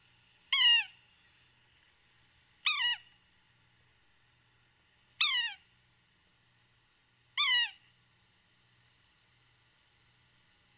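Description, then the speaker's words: Yellow-bellied Sapsucker calling with four nasal, mewing notes that slur sharply downward, with quiet gaps between them, and the start of another at the very end. Gives a variety of calls. "So you see, they have a variety of calls. That's the yellow-bellied sapsucker."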